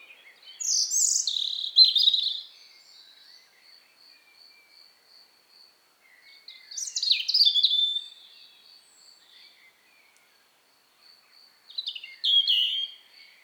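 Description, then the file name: European robin song: three separate wistful phrases of thin high warbles and slurred notes, several seconds apart, over a faint steady high tone. "Erithacus rubecula"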